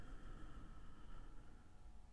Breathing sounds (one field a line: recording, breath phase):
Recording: one breath near a microphone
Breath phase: exhalation